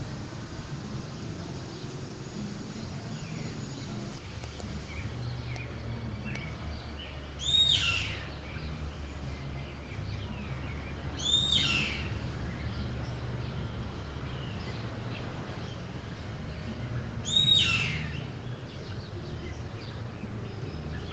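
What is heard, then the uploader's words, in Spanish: Birds call in a yard, with three loud, bright sweeping calls standing out at about 7.5, 11.5 and 17.5 seconds. Between them, softer chirps and tweets come and go. A steady low rumble and hiss runs underneath throughout. Ruth Almada comparte con la audiencia global el sonido de los pájaros en su patio de Santa Rosa Misiones.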